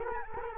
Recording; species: mosquito wingbeat signal from an infrared sensor; Culex quinquefasciatus